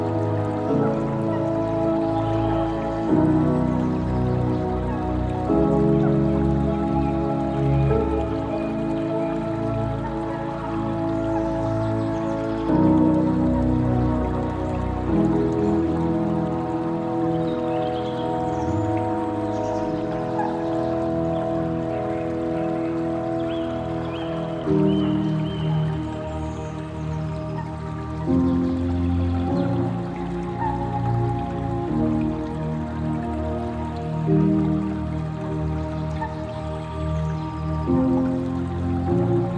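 Gentle music of soft, sustained low chords moves slowly, shifting to a new chord every few seconds at an even, unhurried volume. Trickling water runs faintly underneath as a light, steady bright patter.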